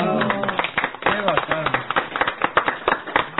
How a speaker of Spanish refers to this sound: veo también unos tesoros vivos, que son estos tres músicos que están, claro que están sí, comprometidos con el cuidado de ellos, y de estos tesoros sacan música realmente angelical. Muchísimas gracias. Un aplauso.